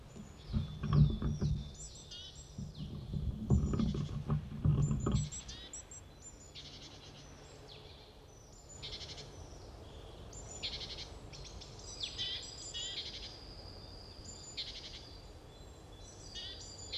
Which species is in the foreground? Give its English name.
Great Tit